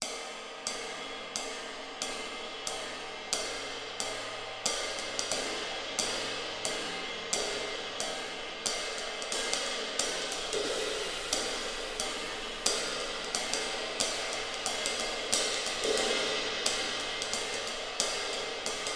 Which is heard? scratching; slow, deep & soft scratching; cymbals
cymbals